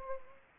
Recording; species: mosquito wingbeat signal from an infrared sensor; Anopheles gambiae